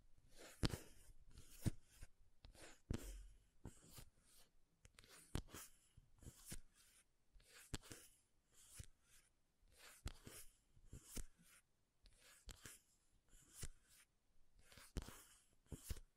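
Makeup items are tapped and scratched in an irregular, fairly busy stream of sharp clicks and brief scrapes, with short quiet gaps throughout.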